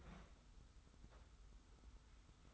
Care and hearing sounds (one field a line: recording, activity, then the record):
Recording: daily activity, microphone in the room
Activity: open fridge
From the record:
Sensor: 3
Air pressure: 991.0 hPa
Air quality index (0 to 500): 120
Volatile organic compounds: 94 ppm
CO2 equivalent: 3714 ppm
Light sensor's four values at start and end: 32/76/30/28 and 32/76/30/28